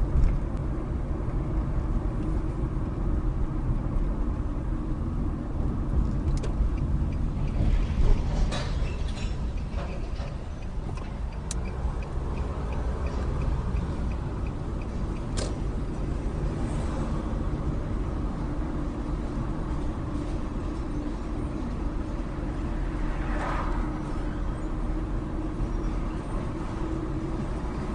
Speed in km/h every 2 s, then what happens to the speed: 37, 35, 32, 24, 15, 11, 16, 29, 32, 34, 34, 35, 37, 37.
0-9 slows to 11. 9-15 speeds up to 32. 15-28 steady at about 34.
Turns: none.